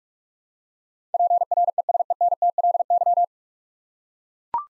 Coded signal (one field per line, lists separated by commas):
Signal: Morse code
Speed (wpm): 44 wpm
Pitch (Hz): 700 Hz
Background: none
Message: PRESENTLY